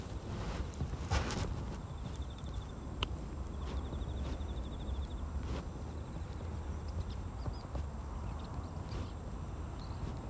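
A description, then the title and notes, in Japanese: Someone weeds a carrot patch at dusk, with a few sharp rustles and snips around the first, third, fifth and ninth seconds. Steady low wind rumble fills the background, and high insect trills chirp in regular pulses midway through. ガサガサ音あり 人参除草／夕暮れ。片手にハサミを持ちながら、草を抜きつつ、大きいものはチョンチョン切っていきます。蚊が集まってきて、服の上からでも強烈に刺してきます。秋虫も大合唱。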